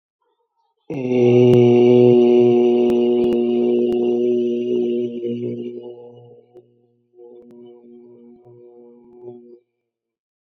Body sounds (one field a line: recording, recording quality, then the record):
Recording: sustained vowel as in made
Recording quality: excellent, no background noise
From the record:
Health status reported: exposed to COVID-19, no respiratory illness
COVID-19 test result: negative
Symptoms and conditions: cough, sore throat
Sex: male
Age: 40 years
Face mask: not worn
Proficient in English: yes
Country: India